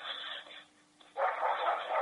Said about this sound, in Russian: Вот сейчас овчарку вы слышите сейчас. Лает, лает, да. Вот, и я сейчас еще ближе подойду, еще лучше услышите.